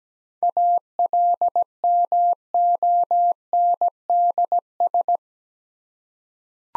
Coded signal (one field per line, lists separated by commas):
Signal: Morse code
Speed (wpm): 17 wpm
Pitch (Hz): 700 Hz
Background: none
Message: ALMONDS